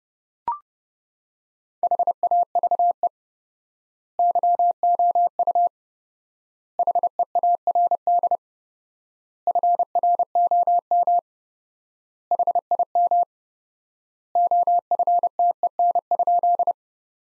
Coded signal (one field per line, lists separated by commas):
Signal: Morse code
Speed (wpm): 30 wpm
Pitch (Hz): 700 Hz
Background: none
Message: HAVE YOU HEARD FROM HIM OFTEN?